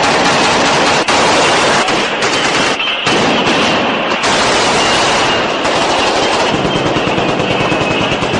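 Sustained bursts of machine gun fire from Warsaw Pact troops, shooting at civilians blocking them near a radio station building, rattle on without pause, loud and dense, with rapid overlapping shots and a few brief gaps between volleys.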